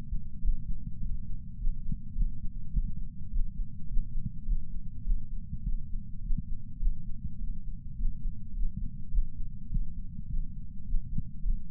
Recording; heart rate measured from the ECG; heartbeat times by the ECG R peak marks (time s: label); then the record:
heart sounds by patch sensor on the chest; 104 bpm
0.43 s: heartbeat
1.01 s: heartbeat
1.59 s: heartbeat
2.16 s: heartbeat
2.73 s: heartbeat
3.31 s: heartbeat
3.89 s: heartbeat
4.46 s: heartbeat
5.05 s: heartbeat
5.64 s: heartbeat
6.22 s: heartbeat
6.80 s: heartbeat
7.39 s: heartbeat
7.97 s: heartbeat
8.55 s: heartbeat
9.12 s: heartbeat
9.70 s: heartbeat
10.29 s: heartbeat
10.86 s: heartbeat
11.43 s: heartbeat
From the record:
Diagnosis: coronary artery disease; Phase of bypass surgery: postoperative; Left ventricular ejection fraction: 62.1%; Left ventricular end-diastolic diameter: 45 mm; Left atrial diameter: 33 mm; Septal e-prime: 6.9 cm/s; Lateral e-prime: 10.6 cm/s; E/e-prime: 10.6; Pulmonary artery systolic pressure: 22 mmHg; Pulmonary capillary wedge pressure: 8 mmHg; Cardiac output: 5.1 L/min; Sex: female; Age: 52 years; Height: 163 cm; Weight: 80 kg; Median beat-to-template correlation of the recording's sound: 0.72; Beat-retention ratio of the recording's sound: 0.98